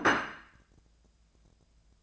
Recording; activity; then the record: daily activity, microphone in the room; place plate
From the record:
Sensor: 2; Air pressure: 1000.0 hPa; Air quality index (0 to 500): 133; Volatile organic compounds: 2 ppm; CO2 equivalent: 1133 ppm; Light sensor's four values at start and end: 26/65/28/30 and 26/65/28/30